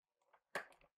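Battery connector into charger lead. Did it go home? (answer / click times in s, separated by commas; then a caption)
yes / 0.5 s. A robot battery's male/female connector is pushed into the charger plug, a type of connector that locks into place when plugged in. After faint handling rustles, a sharp hit at 0.6 s marks it going in, followed by a few small ticks as it settles. The connector is seated and locked into the charger.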